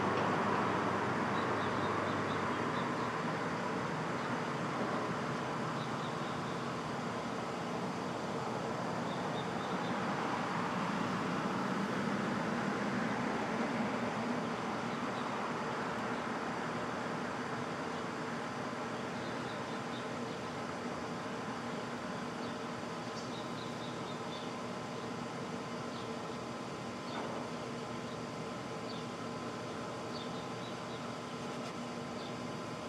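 A Brooklyn dawn: a steady, dense wash of city traffic rumble with a constant mechanical hum running underneath. The noise swells slightly around the middle, then settles. Faint, brief high chirps appear now and then, mostly in the last third.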